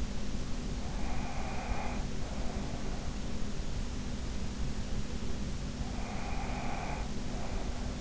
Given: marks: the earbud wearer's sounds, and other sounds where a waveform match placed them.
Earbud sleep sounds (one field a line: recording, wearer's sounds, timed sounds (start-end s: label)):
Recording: sounds in sleep by an in-ear microphone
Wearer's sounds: breath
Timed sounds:
0.98-3.21 s: breath
5.90-8.01 s: breath